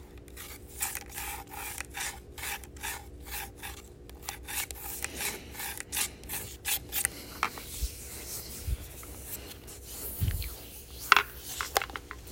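Someone eats cantaloupe with a quick, regular run of wet, rasping bites or scrapes over the first seven seconds. After that the sounds thin into scattered clicks and soft chewing, with a sharper tap near eleven seconds and a low steady hum underneath.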